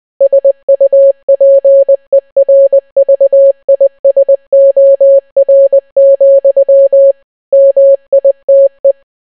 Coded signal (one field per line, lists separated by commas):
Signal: Morse code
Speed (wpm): 20 wpm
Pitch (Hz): 550 Hz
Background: none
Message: SUPERVISOR, MITE